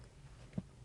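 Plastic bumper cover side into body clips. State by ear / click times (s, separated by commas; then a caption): not seated / none. The side of a Toyota Corolla's plastic bumper cover is being handled over its body side clips, to be hammered down with the back of the hand. A faint low thud lands at about 0.6 s against a quiet background hum. Nothing has seated or clicked in place yet.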